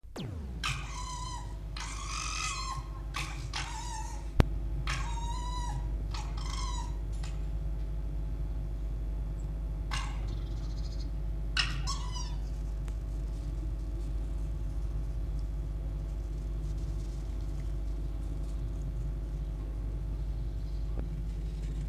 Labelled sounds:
Red Fox (Vulpes vulpes)
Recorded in captivity
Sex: pair
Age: adult
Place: Zoologisches Institut der HUB, Berlin, DE
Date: 1956-02-21 13:40
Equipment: Elmetra
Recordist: Tembrock, Günter

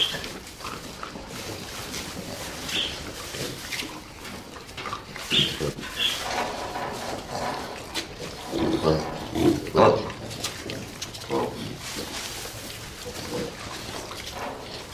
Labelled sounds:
Hamadryas Baboon (Papio hamadryas) call
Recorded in captivity
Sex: group
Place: Tierpark Görlitz, Sachsen, DE
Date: 1988-02-24 10:31
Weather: bedeckt, ca. 0°C
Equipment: Nagra SN
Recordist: Tembrock, Günter
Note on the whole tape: Gruppe (ein Männchen, fünf Weibchen): diverse Laute, dann nach Fütterung bzw. bei Futtersuche

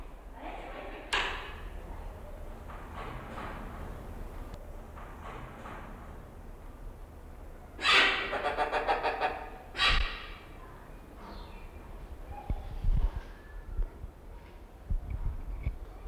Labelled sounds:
Blyth's Hornbill (Rhyticeros plicatus)
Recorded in captivity
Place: Zoo Berlin, Berlin, DE
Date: 1992-07-11 11:00
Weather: bedeckt, z.T. Regen, 17-22°C
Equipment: Marantz CP 430, Sennheiser ME 80, Kopie Tesla B 116
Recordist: Tembrock, Günter

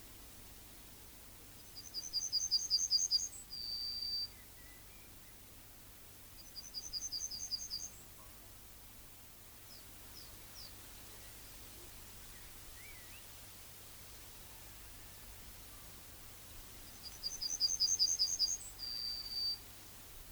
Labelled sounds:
Yellowhammer (Emberiza citrinella) song
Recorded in the wild
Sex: male
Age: adult
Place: Köppchensee (Fließtal), NSG Fließtal, Berlin, DE
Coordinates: 52.6231, 13.3747
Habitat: willow
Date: 1996-07-14 12:48
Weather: slightly overcast, 22°C
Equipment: Sony MD-WM MZ-R3, Sennheiser MKH 416 T, Kopie Uher 4000 Report Monitor
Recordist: Tembrock, Günter

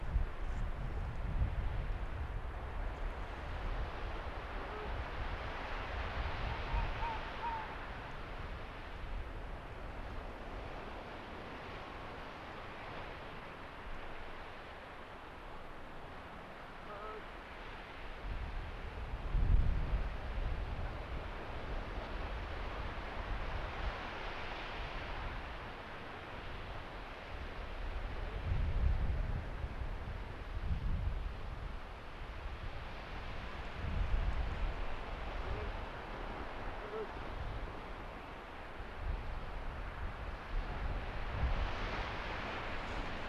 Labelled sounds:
Arctic Fox (Vulpes lagopus)
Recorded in the wild
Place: Insel Mednyi, Kommandeur-Inseln, RU
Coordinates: 54.5167, 168.083
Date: 1999-07-18 17:29
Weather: leichter Nebel, 7°C, mäßiger Ostwind
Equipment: Sony WM-D6C, Sennheiser ME 80, K 30 AV, Windkorb, Kopie Tascam DA 30
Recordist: Jakupi, Antje

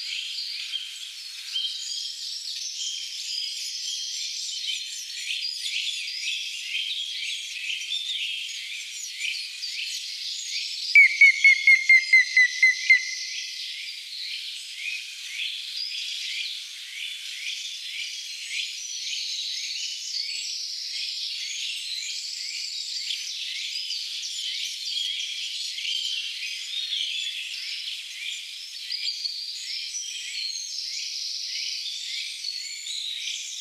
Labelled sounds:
Grey-headed Woodpecker (Picus canus) song
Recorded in the wild
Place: Gottenheim / Freiburg im Breisgau, Baden-Württemberg, DE
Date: 1979-04-22
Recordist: Schwarz, Dieter

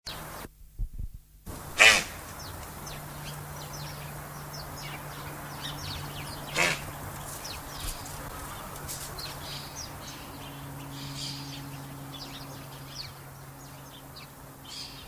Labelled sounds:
Llama (Lama glama) call
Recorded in captivity
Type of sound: call
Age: adult
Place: Zoo Halle, Sachsen-Anhalt, DE
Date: 2007-10-08 17:00
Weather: sunny, 14°C
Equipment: Sony WM-D6C, Sennheiser ME 80, Kopie Uher 4000 Report Monitor
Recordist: Tembrock, Günter
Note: Zwei Laute

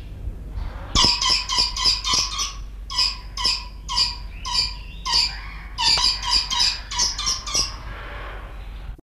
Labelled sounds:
Red Lory (Eos bornea) call
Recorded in captivity
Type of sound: call
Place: Zoo Augsburg, Bayern, DE
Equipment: Halbspur, 9,5 cm/s
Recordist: Lütgens, Hans
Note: Rufe eines Paares

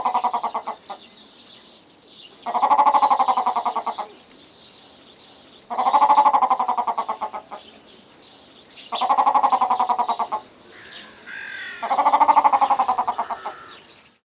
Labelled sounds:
Grey Peacock-Pheasant (Polyplectron bicalcaratum)
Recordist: Tembrock, Günter
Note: Rufreihe eines Hahnes

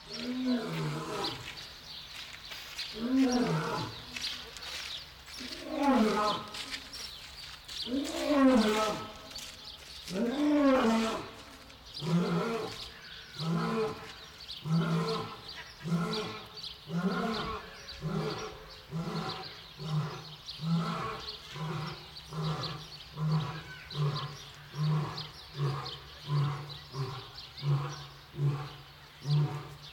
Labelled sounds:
Lion (Panthera leo)
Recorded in captivity
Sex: male
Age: adult
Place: Zoo Berlin, Berlin, DE
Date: 1995-02-25 12:54
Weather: wolkig, 3°C
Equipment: Marantz CP 430, Sennheiser ME 80, Kopie Uher Variocord 263
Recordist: Tembrock, Günter

